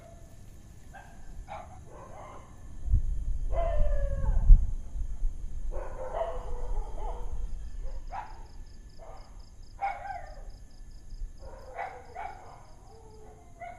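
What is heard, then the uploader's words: Dogs bark in short bursts across a city night, some calls sharp, with gaps between volleys. A low rumble of passing traffic swells around the third to eighth second, and a faint steady high whine persists throughout. City Night Barking Dogs.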